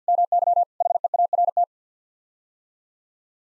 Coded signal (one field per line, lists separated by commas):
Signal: Morse code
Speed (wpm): 50 wpm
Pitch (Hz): 700 Hz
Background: none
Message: MY HEART